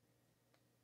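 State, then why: Not seated. Two crimped contacts are handled and pushed toward Powerpole connector housings while wiring a Starlink for 12 V power. Only a low steady background hum is heard, with a faint soft tick around 0.5 s. Nothing has seated or clicked into place yet.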